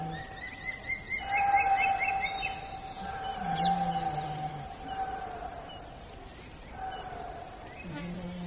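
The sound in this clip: Eurasian stone-curlew calling long, plaintive wailing whistles held on one pitch, several in sequence, with a steady high hiss in the background.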